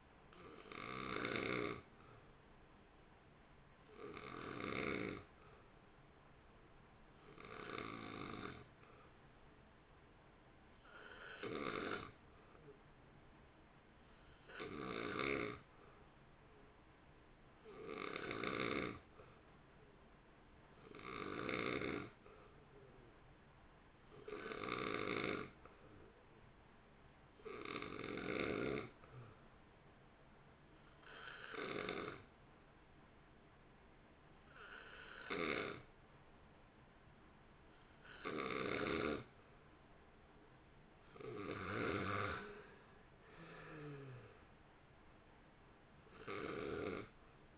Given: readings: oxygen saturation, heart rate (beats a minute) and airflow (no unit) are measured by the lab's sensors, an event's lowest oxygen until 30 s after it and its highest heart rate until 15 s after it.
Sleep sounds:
breathing in sleep by a voice recorder at the bedside; 1
15.00-47.58 s: new sleep stage, N2 (light sleep)
29.00-43.00 s: hypopnea (N2, oxygen 90% highest, then 87% lowest, heart rate 59 at the start, 62 highest)
From the record:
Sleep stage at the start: N1 (lightest sleep); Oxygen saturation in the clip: 88 to 91%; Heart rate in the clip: 55 to 62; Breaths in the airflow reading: 16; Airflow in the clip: -2.5 to 2.7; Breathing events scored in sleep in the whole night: 328 in 6.3 hours asleep

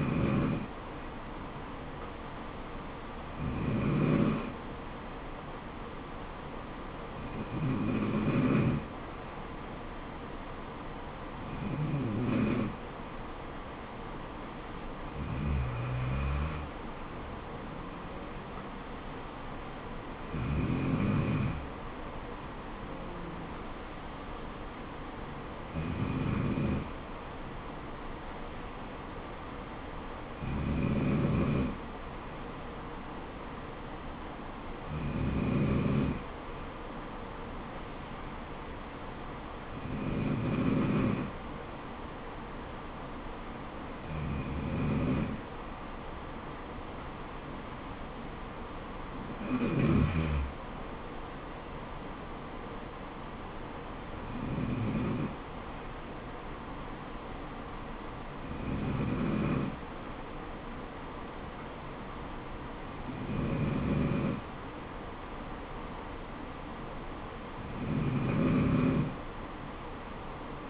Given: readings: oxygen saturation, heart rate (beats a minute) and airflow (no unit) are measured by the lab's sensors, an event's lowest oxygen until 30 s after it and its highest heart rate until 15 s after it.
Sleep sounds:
breathing in sleep by a voice recorder at the bedside; none
none scored
From the record:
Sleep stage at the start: N2 (light sleep); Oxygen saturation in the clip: 93 to 94%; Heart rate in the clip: 64 to 75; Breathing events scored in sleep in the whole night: 426 in 7.4 hours asleep

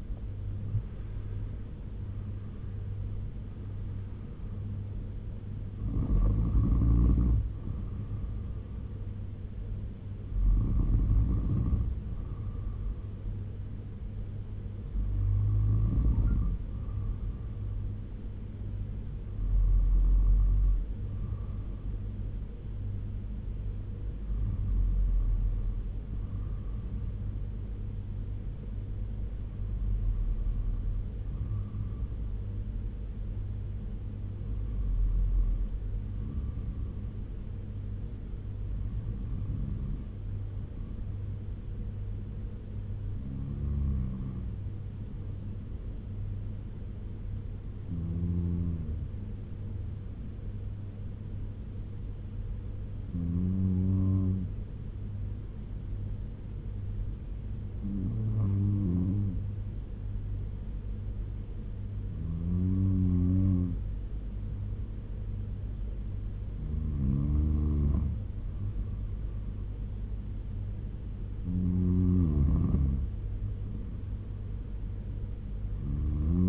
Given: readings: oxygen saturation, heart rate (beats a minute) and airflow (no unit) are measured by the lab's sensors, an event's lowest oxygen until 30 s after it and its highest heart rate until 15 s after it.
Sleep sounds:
breathing in sleep by a smartphone at the bedside; 1
28.00-76.49 s: new sleep stage, N2 (light sleep)
33.00-69.50 s: hypopnea (N2, oxygen 96% highest, then 93% lowest, heart rate 74 at the start, 81 highest)
From the record:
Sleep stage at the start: N1 (lightest sleep); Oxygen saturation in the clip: 85 to 97%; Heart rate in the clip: 70 to 91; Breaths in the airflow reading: 16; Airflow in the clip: -13.3 to 10.9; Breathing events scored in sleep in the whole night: 201 in 6.5 hours asleep

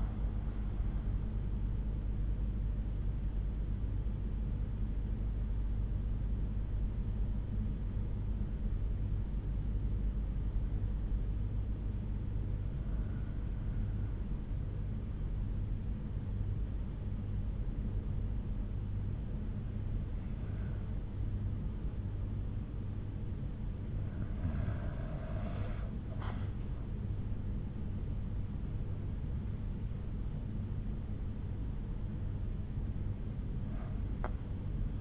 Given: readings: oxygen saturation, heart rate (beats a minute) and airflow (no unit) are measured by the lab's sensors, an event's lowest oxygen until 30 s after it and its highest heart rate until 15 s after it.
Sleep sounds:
breathing in sleep by a smartphone at the bedside; 1
3.00-25.30 s: hypopnea (N2, oxygen 97% highest, then 92% lowest, heart rate 63 at the start, 74 highest)
From the record:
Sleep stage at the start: N2 (light sleep); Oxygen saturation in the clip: 91 to 97%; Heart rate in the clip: 58 to 74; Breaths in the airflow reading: 6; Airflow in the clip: -8.2 to 7.3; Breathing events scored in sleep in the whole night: 368 in 8.0 hours asleep

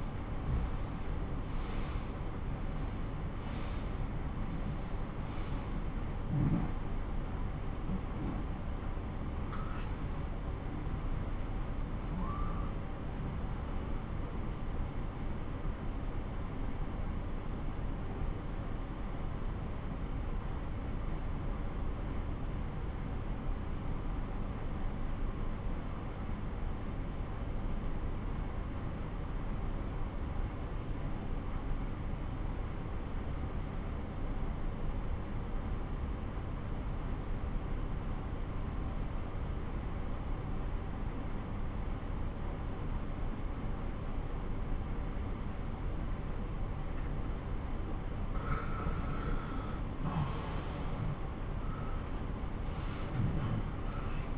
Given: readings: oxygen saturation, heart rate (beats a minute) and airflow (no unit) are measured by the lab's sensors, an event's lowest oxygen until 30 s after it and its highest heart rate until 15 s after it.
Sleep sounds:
breathing in sleep by a smartphone at the bedside; 1
12.00-48.90 s: obstructive apnea (N2, oxygen 96% highest, then 90% lowest)
From the record:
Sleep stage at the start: N2 (light sleep); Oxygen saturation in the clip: 88 to 96%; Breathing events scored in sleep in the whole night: 217 in 6.3 hours asleep

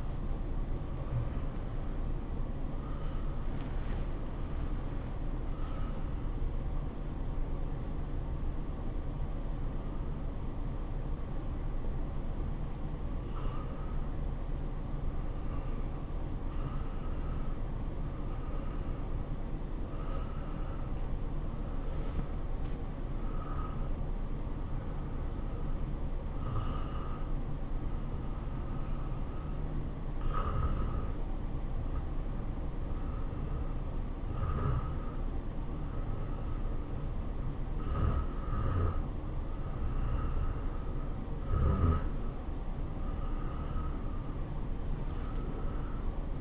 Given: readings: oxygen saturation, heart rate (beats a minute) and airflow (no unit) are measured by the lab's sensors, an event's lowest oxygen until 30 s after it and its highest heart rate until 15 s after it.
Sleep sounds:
breathing in sleep by a smartphone at the bedside; 2
0.00-19.00 s: awake
5.00-18.70 s: hypopnea (scored as awake, oxygen 96% highest, then 91% lowest, heart rate 110 at the start, 110 highest)
13.00-46.41 s: new sleep stage, N1 (lightest sleep)
27.00-40.50 s: hypopnea (N1, oxygen 94% highest, then 91% lowest, heart rate 106 at the start, 107 highest)
From the record:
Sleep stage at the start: awake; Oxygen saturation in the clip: 91 to 96%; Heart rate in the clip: 97 to 111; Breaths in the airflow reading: 13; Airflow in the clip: -8.8 to 5.6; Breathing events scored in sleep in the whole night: 403 in 5.5 hours asleep

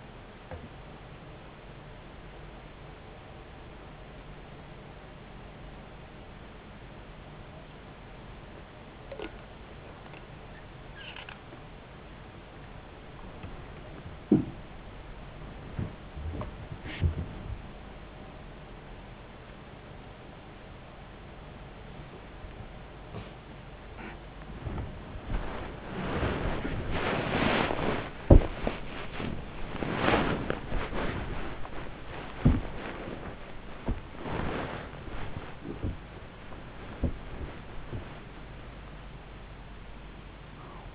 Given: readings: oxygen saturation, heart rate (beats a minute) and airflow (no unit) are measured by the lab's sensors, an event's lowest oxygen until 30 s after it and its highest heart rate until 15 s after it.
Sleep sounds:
a person awake in a sleep study, by a voice recorder at the bedside; none
0.00-40.95 s: awake
From the record:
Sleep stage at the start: awake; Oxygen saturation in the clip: 93 to 96%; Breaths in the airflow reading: 9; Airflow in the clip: -11.9 to 10.0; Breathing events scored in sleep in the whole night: 270 in 6.1 hours asleep

